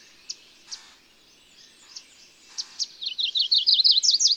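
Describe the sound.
Bird song: several spaced, sharp high notes, then a fast series of swooping, bouncing notes at the end.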